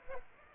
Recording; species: mosquito wingbeat signal from an infrared sensor; Aedes aegypti